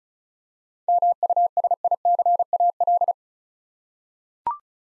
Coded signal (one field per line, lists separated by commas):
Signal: Morse code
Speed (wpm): 36 wpm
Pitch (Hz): 700 Hz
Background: none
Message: MUSICAL